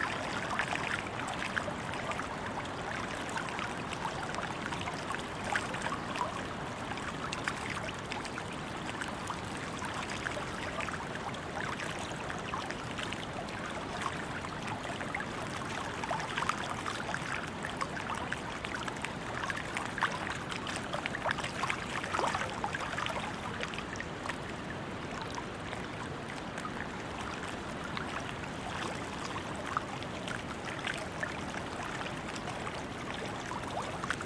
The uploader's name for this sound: Greece Water Sounds